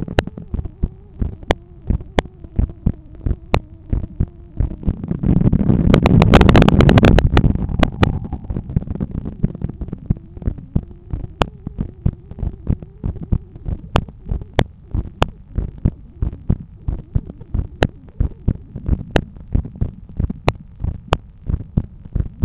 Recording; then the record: heart sounds by stethoscope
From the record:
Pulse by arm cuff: 92 bpm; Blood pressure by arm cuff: 143/89 mmHg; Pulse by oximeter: 99 bpm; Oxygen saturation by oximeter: 97%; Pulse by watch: 95 bpm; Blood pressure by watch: 128/84 mmHg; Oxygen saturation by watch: 93%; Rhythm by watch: sinus rhythm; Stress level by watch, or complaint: medium stress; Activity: after 5 min smoking and 1 beer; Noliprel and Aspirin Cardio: no pills today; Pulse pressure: 54 mmHg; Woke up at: 7:30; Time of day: 17:33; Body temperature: 36.2 C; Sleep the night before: 9 h 22 min, score 68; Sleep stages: REM 22%, light 66%, deep 4%, awake 8%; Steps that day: 11800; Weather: sunny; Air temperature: 21.2 C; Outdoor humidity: 62%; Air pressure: 1014 hPa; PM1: 4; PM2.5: 6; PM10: 8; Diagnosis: hypertension, treated with Noliprel and Aspirin Cardio 100 mg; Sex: male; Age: 53 years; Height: 174 cm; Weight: 81 kg